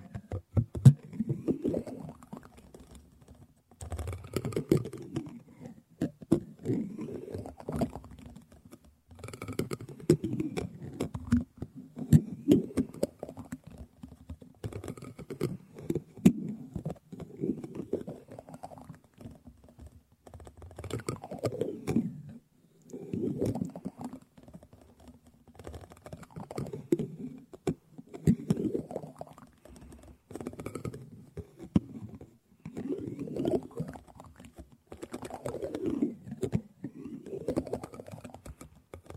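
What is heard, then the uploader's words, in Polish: Teaspoons clatter and tap in quick bunched bursts of clicks that come every couple of seconds with short pauses between. A faint steady low hum runs underneath throughout. Łyżeczki ASMR po polsku Klaudia Leclercq.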